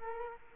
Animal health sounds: mosquito wingbeat signal from an infrared sensor; Culex quinquefasciatus

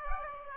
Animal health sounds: mosquito wingbeat signal from an infrared sensor; Aedes aegypti

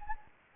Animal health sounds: mosquito wingbeat signal from an infrared sensor; Anopheles gambiae

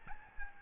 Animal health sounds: mosquito wingbeat signal from an infrared sensor; Aedes albopictus

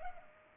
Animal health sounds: mosquito wingbeat signal from an infrared sensor; Culex pipiens

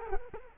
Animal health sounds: mosquito wingbeat signal from an infrared sensor; Culex quinquefasciatus

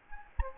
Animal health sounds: mosquito wingbeat signal from an infrared sensor; Anopheles gambiae

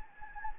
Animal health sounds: mosquito wingbeat signal from an infrared sensor; Anopheles gambiae

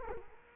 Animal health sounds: mosquito wingbeat signal from an infrared sensor; Culex quinquefasciatus

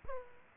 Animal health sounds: mosquito wingbeat signal from an infrared sensor; Aedes aegypti

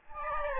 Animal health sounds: mosquito wingbeat signal from an infrared sensor; Aedes albopictus

